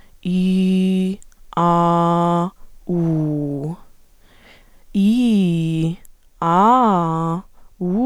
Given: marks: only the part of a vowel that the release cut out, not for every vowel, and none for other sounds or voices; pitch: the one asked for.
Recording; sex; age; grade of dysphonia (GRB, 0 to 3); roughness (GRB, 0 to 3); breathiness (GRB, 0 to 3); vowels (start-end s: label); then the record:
sustained vowels; female; 18 to 19 years; 0; 0; 0
0.33-1.04 s: vowel /i/, low pitch
1.66-2.39 s: vowel /a/, low pitch
2.97-3.65 s: vowel /u/, low pitch
5.01-5.79 s: vowel /i/, low-high-low pitch
6.51-7.32 s: vowel /a/, low-high-low pitch
From the record:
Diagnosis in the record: healthy voice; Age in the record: 19 years